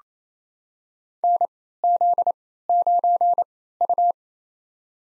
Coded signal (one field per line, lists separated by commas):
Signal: Morse code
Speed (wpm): 27 wpm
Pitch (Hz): 700 Hz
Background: none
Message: NZ9U